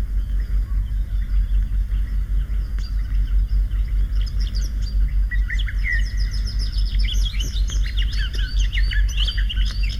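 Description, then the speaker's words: Garden Warbler song: a hurried, rambling warble of high notes that builds and grows busier toward the end, over a constant low rumble. "поет садовая славка."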